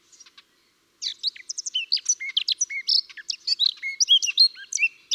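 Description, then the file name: Eurasian blackcap song: a few faint high ticks, then a brief silence, then a fast, dense run of varied fluty whistles and short chirps, rising and falling, continuing without pause. "Sylvia atricapilla"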